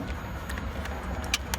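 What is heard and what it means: A receipt printer part is lined up with its plastic guide in a pump housing and pressed in, over a steady low background rumble with a few faint taps. It snaps into place with two sharp clicks at 1.3 s and 1.5 s, and the part is seated.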